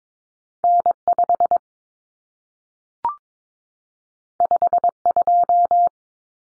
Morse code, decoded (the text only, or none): N5 52